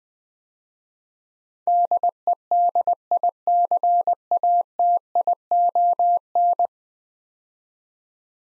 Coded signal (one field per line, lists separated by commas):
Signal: Morse code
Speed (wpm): 20 wpm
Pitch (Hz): 700 Hz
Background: none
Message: DEDICATION